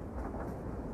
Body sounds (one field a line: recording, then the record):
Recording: background sound without coughing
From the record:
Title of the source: Train Ride Ambience ambient white noise for sleeping, focus, studying, reading